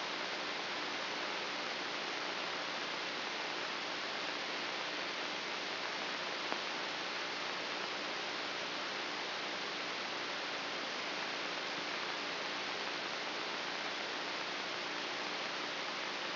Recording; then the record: brain microelectrode recording played as sound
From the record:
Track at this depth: inside the subthalamic nucleus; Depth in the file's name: 3.502 mm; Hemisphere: left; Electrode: 2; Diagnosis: Parkinson's disease